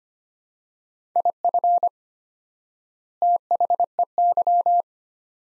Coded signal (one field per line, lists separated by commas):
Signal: Morse code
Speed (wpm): 25 wpm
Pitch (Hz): 700 Hz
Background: none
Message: IF THEY